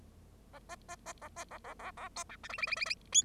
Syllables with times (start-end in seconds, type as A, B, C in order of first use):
0.53-0.59 A, 0.69-0.75 B, 0.89-0.96 B, 1.06-1.13 B, 1.21-1.28 A, 1.36-1.44 B, 1.51-1.58 A, 1.64-1.74 A, 1.79-1.91 A, 1.97-2.08 A, 2.16-2.24 C, 2.29-2.36 D, 2.43-2.48 E, 2.49-2.58 F, 2.58-2.66 F, 2.67-2.76 F, 2.76-2.85 F, 2.85-2.94 F, 3.12-3.23 G